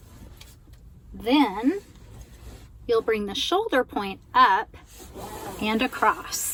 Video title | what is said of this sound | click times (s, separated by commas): 2020 Lexus NX Full Tutorial - Deep Dive | want to make sure you hear it click then | 0.4 s